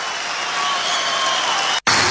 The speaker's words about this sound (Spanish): Fuerte el aplauso para Carlos.